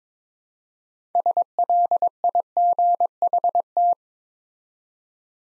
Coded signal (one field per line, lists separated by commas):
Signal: Morse code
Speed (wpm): 22 wpm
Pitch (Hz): 700 Hz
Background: none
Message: SLIGHT